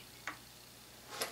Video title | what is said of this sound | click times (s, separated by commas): SHOP TIPS #320 Royal Quick Change Tooling for the Bridgeport Mill tubalcain | and now it's cocked and ready to receive the holder | 0.3 s, 1.2 s